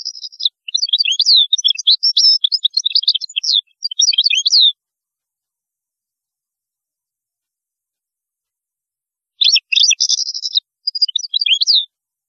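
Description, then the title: European goldfinch singing a long, rapid, liquid twitter with mixed buzzy trills for nearly five seconds, then a pause and a second shorter twittering phrase. "Chant Chardonneret"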